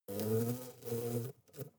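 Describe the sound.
Hornet buzzing, a steady low droning hum rich in overtones that holds for over a second, then breaks into a few short fading bursts.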